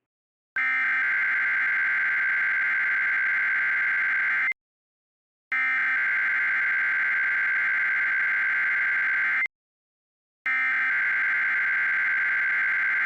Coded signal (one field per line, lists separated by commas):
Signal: Emergency Alert System (SAME) tones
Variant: header bursts